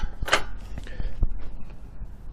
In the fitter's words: we have our Forks locked into place we're ready to use our pallet fork so